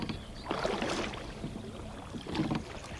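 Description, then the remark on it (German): A small rowing boat (a Kahn) moves across water, with two swishing, splashing oar strokes about two seconds apart over a soft, steady wash of background noise. No one speaks. “Naja, wir im Kahn und er auf dem Steg.”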